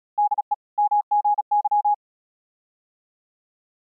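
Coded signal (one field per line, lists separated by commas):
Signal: Morse code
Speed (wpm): 36 wpm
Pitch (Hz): 830 Hz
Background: none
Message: DE MGY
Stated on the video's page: Song written in Morse as a tribute to the Titanic disaster; a recreation, not a real transmission.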